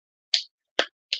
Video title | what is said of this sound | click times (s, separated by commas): SOLOMON GRUNDY! BATMAN ARKHAM CITY! MCFARLANE DC MULTIVERSE REVIEW! | there we go I heard it pop yep they seem to be on there good now | 0.3 s